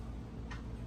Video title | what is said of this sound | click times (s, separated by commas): REUSABLE NESPRESSO Pods CitiZ How to make Organic Coffee drinks at home and save $$$ | Slide this. This one goes a little bit at an angle and then kind of clicks in. | 0.5 s